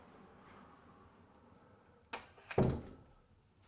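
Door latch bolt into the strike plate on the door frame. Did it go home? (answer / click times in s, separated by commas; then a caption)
no / none. After the hinges are tightened, a wooden interior door is swung shut and thunks against its frame, with sharp impacts at about 2.1, 2.5 and 2.6 seconds. The latch bolt sits too low to drop into the strike plate on the door frame, so nothing has clicked or latched yet and the door remains unlatched.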